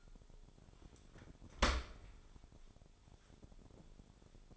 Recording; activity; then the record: daily activity, microphone in the room; open dishwasher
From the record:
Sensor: 5